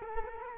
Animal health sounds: mosquito wingbeat signal from an infrared sensor; Culex quinquefasciatus

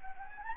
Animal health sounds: mosquito wingbeat signal from an infrared sensor; Anopheles gambiae

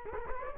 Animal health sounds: mosquito wingbeat signal from an infrared sensor; Culex quinquefasciatus

